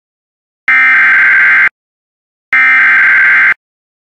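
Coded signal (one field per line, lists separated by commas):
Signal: Emergency Alert System (SAME) tones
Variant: header bursts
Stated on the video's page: Severe Thunderstorm Warning alert for Wakefield.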